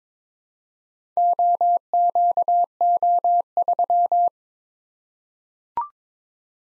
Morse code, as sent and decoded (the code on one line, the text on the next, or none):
--- --.- --- ...--
OQO3